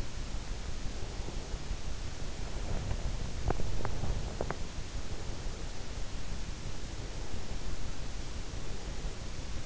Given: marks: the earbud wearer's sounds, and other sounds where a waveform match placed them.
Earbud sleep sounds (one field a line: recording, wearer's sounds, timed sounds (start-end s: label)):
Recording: sounds in sleep by an in-ear microphone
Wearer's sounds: breath, teeth grinding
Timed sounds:
2.45-3.14 s: breath
3.35-4.63 s: teeth grinding